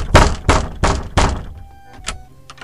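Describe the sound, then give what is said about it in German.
Four heavy, evenly spaced blows pound on a wooden door, each a deep booming thud, followed by a couple of fainter, lighter knocks as the sound dies away. Police officers are pounding on the door, demanding that it be opened or they will break it down. “Machen Sie auf oder wir schlagen die Tür ein!”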